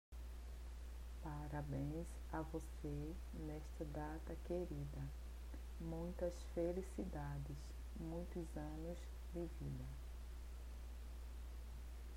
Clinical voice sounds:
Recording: short text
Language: Brazilian Portuguese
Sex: female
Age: 50 to 59 years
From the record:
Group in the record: control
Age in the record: 56 years

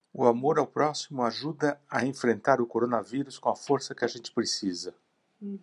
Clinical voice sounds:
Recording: spoken sentence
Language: Brazilian Portuguese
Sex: male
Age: 60 to 69 years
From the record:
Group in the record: control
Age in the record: 62 years

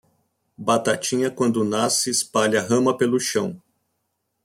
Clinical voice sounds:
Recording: short text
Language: Brazilian Portuguese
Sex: male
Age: 40 to 49 years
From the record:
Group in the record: control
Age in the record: 47 years

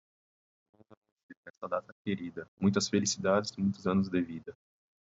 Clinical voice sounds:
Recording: short text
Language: Brazilian Portuguese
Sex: male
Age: 18 to 19 years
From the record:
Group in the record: control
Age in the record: 18 years

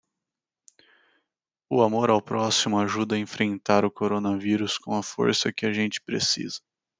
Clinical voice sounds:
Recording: spoken sentence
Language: Brazilian Portuguese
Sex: male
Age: 20 to 29 years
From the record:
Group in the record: control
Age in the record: 21 years

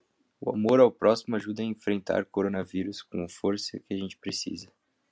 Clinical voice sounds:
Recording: spoken sentence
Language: Brazilian Portuguese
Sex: male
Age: 18 to 19 years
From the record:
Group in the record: control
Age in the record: 18 years

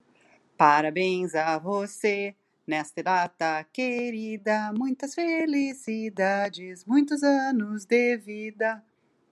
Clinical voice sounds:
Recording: short text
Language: Brazilian Portuguese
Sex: female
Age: 40 to 49 years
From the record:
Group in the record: control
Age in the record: 49 years

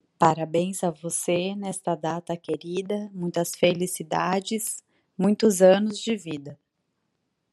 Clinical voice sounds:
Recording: short text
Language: Brazilian Portuguese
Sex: female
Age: 30 to 39 years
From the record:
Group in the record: control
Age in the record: 39 years

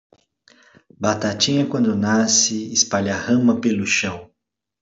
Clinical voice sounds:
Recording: short text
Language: Brazilian Portuguese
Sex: male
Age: 40 to 49 years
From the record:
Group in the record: control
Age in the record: 40 years

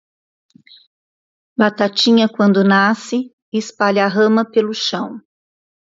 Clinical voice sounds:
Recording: short text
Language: Brazilian Portuguese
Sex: female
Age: 60 to 69 years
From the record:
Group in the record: control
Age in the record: 62 years

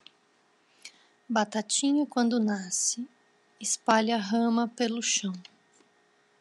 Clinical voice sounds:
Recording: short text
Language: Brazilian Portuguese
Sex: female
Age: 30 to 39 years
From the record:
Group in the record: control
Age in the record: 39 years

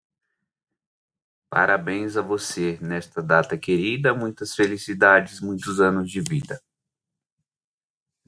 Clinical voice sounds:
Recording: short text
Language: Brazilian Portuguese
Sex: male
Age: 30 to 39 years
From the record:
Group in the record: control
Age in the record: 39 years

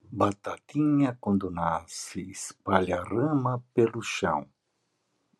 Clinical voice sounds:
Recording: short text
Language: Brazilian Portuguese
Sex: male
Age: 60 to 69 years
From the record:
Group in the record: control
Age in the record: 67 years

